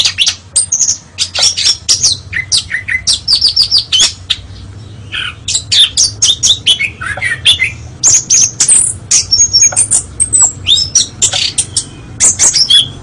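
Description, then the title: Oriental magpie-robin song: a rich, fast run of varied whistles, chirps and sharp trills, with short notes tumbling one after another and brief pauses between phrases. "Kacer"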